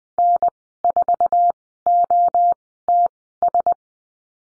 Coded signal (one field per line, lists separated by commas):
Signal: Morse code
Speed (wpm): 20 wpm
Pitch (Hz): 700 Hz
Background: none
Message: N4OTS